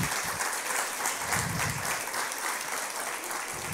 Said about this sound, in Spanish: Le damos un aplauso al señor.